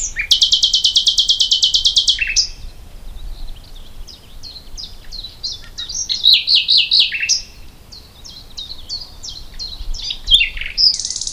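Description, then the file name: Common nightingale song opening with a loud rapid rattling trill, followed by a string of crisp downslurred notes and complex warbled phrases, ending in a buzzy note. "Luscinia megarhynchos"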